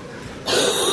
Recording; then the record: coughing mixed with background sound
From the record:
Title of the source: 30 Chesty and wet cough